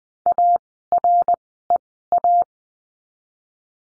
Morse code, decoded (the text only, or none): AREA